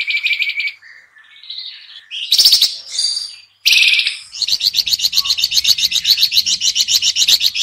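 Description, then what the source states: Sooty-headed bulbul calls: short harsh bursts and scolding notes, then a long, steady run of rapid buzzy chattering pulses, about four per second. Lure recording (pikat); noisy (ribut) combination calls.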